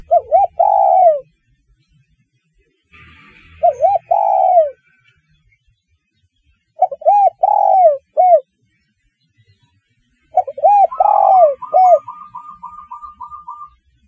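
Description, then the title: Spotted dove coo phrases repeated every three to four seconds, each a few rounded notes with one drawn, falling coo; a rapid, even trill joins near the end. "Tekukur"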